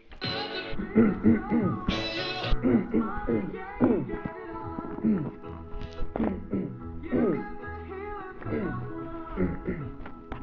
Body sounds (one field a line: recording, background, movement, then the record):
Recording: throat clearing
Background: music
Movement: sitting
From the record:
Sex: male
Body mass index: 21.0 kg/m2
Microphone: on the chest, facing the body